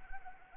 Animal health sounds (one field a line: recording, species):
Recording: mosquito wingbeat signal from an infrared sensor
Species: Anopheles arabiensis